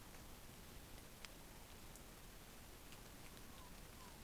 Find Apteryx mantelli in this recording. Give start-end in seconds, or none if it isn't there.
none